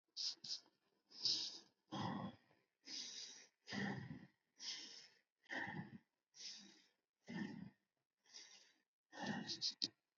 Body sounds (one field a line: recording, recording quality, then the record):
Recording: shallow breathing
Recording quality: excellent, no background noise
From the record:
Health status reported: healthy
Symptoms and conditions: none ticked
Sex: male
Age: 59 years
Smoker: not ticked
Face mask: not worn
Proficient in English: yes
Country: India